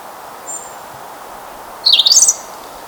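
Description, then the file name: European robin singing: one brief high thin whistle followed a second later by a quick, tumbling, high-pitched warble that rises and falls, with faint steady hiss behind. "Erithacus rubecula"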